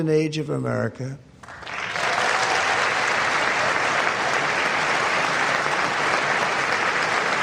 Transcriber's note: applause